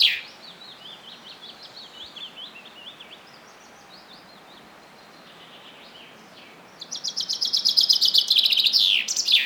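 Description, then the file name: Common chaffinch song: soft zigzag notes from another bird at first, then a loud, quickly repeated trill arrives near the end and ends in a downward flourish. "Fringilla coelebs"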